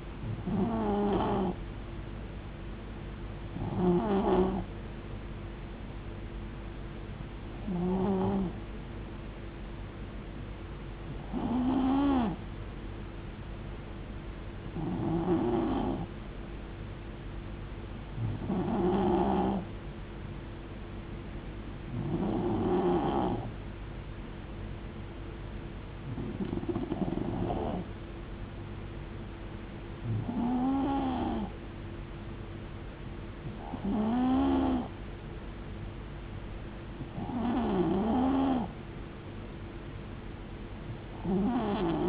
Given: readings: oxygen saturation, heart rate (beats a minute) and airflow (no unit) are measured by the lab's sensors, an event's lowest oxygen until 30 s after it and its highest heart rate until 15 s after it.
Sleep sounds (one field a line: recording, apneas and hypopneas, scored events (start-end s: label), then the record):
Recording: breathing in sleep by a voice recorder at the bedside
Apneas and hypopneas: none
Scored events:
none scored
From the record:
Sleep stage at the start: N3 (deep sleep)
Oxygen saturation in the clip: 91 to 92%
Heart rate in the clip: 61 to 73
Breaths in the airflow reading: 11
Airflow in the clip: -4.1 to 2.4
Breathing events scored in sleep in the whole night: 389 in 6.3 hours asleep